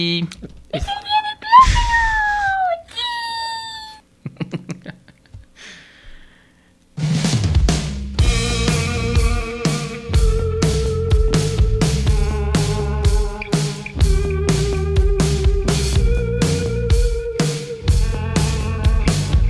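A rock song with vocals: a few seconds of eerie wailing, gliding tones give way to a loud full band with steady pounding drums, dense guitars and a sustained sung melody.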